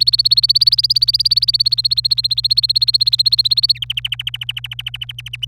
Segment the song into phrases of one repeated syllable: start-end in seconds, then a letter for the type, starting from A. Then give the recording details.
0.00-3.78 A, 3.82-5.36 B, 5.42-5.45 A. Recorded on 26 April 2018 at 06:32. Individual llb3